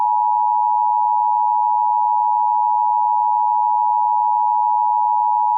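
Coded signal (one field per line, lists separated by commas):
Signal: Emergency Alert System (SAME) tones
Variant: 853 and 960 Hz attention tone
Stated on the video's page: Simulated EAS scenario made with Audacity.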